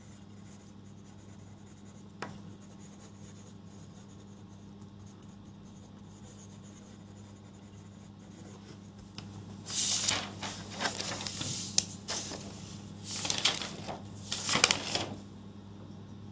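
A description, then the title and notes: Someone writing over a low, steady hum. The first nine seconds are mostly quiet, with a single sharp tap near two seconds, then bursts of scratchy pen-on-paper strokes arrive from about ten seconds on, louder around thirteen and fifteen seconds. Going through my notes and re-writing stuff.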